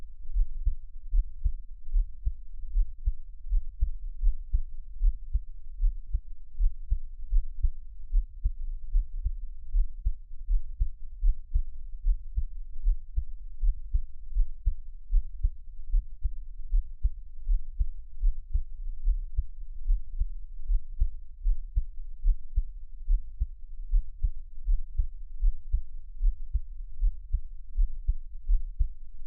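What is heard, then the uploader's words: A heartbeat thumps steadily and evenly throughout, a fast, regular pulse of soft, muffled low beats. The sound sits deep with nothing bright above it, and no other noises intrude over the half minute. 獻上我的心跳 | Give my Heartbeat | NO Talking.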